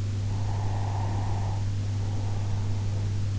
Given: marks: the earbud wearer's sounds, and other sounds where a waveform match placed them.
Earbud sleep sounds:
sounds in sleep by an in-ear microphone; breath
0.40-3.31 s: breath

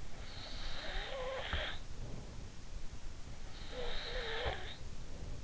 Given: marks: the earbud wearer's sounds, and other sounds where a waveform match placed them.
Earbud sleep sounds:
sounds in sleep by an in-ear microphone; snoring breath
0.41-2.49 s: snoring breath
3.66-5.33 s: snoring breath

